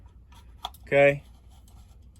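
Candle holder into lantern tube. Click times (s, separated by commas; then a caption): 0.7 s. After the wax is dumped, the spring-loaded candle holder of a UCO Candle Lantern is pushed back into the aluminum lantern tube, with a sharp click at 0.7 s as it pops right back in and seats. Someone then talks briefly over a quiet background.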